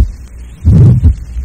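Low heart sounds in a child with a soft, sustained systolic murmur, an innocent murmur loudest over the mid-precordium and left sternal border, radiating widely to the apex, the second intercostal spaces and the neck.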